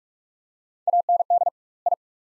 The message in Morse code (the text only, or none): AND I